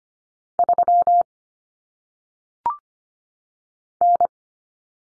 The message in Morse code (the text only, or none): 3 N